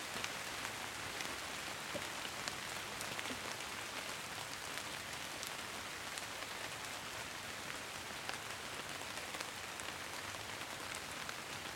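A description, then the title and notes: Gentle rain patters on the leaves of beech and hazel trees, a steady, dense hiss that holds level for the whole stretch. Countless fine drops blend together, with small brighter taps popping out irregularly every second or so. The calming patter of rain on autumn leaves. Listen to the calming sound of a gentle rain on the leaves of beech and hazel trees while you shelter in a green lane in the Cotswolds.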